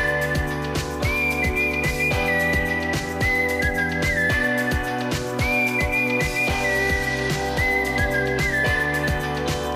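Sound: whistling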